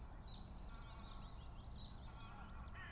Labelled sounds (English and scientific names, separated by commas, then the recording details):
Common Chiffchaff (Phylloscopus collybita)
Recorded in Germany
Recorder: ecoPi